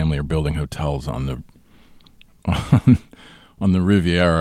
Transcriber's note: laughter